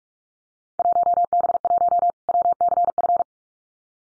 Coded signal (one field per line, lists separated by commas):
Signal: Morse code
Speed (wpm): 44 wpm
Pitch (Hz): 700 Hz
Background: none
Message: 1B1 WCF